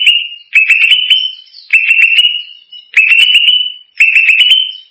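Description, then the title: Greater green leafbird: bright whistled phrases, each starting with ticking notes and sliding up into a held tone, repeated about every second. "Cucak ijo"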